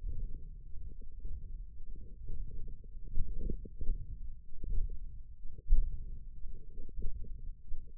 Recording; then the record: forearm muscle sounds (acoustic myography)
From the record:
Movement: hand opening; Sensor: system 1, eight BSWA MPA416 microphones around the upper forearm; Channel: 6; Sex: female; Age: 21 years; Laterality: right